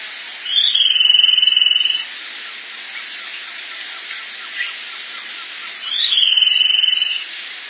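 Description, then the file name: Ashy-headed greenlet song: two high, fast trills of rapid even notes, each lasting about a second and a half and separated by roughly four seconds, over a steady hiss. "vite vite de cabeca cinza"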